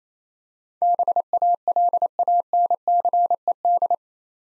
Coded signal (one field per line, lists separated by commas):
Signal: Morse code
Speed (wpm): 27 wpm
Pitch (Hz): 700 Hz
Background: none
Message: BALANCED